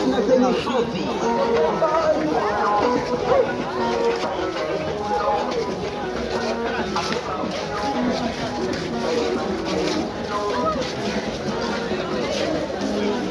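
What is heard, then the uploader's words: A walk through a busy street in Dar es Salaam, with many voices talking at once. The crowd noise stays dense and steady for the whole stretch, over a low rumble of traffic and occasional sharp clicks and knocks. Walking Dar es Salaam. In this episode, I walk around Dar es Salaam.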